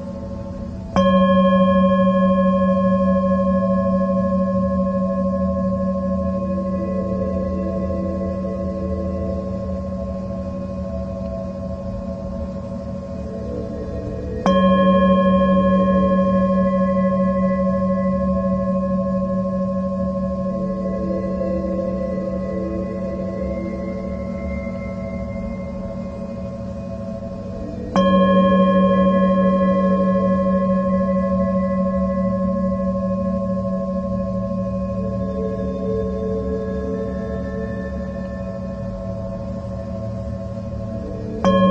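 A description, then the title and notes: A singing bowl is struck three times, at roughly 1, 14 and 28 seconds, each strike blooming into a long, steady hum that slowly fades until the next. A low tone near 174 Hz anchors the sound, with clear ringing overtones above and a faint wavering shimmer. 174 Hz Singing Bowl.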